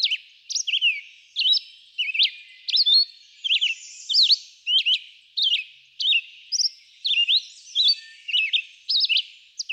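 Red-eyed vireo song: short whistled phrases of rising and falling notes, each followed by a brief pause, repeated steadily over and over.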